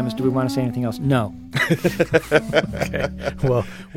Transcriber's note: laughter